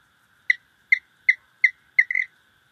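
Cliff chirping frog calls: a quick run of six crisp, high chirps, the last one longer and trilled, over a faint steady tone.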